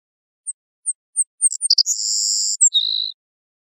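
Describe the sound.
Savannah sparrow song: several thin, high chips, then a long buzzy trill and a lower, shorter buzz at the end.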